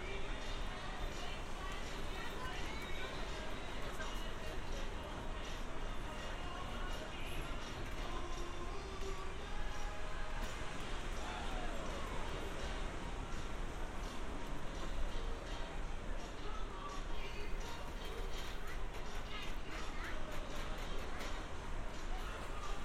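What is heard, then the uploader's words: A walk around Santa Monica Pier, with a dense, steady wash of crowd chatter and voices filling the whole time. Faint clattering and knocking sounds come and go, and brief brighter tones rise out of the murmur now and then, especially near the end. Santa Monica Pier. A binaural field recording.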